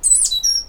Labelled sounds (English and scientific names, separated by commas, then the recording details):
Stitchbird (Notiomystis cincta) song
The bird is a male
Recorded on Tiritiri Matangi Island, New Zealand, in 2005
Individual 8, of nest box 10